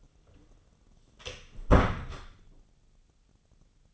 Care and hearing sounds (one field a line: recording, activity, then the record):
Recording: daily activity, microphone in the room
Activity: close door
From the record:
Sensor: 4